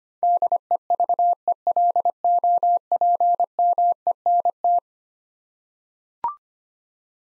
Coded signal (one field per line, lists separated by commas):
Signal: Morse code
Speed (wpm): 25 wpm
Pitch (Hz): 700 Hz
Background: none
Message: DEVELOPMENT